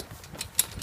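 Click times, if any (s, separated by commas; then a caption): 0.6 s. A corner slider on the metal frame leg of a 10 ft x 10 ft pop-up canopy tent is pushed until it locks into place. A sharp click at 0.6 s marks it snapping in, with quieter ticks around 0.4 s and 0.8 s. The slider is seated.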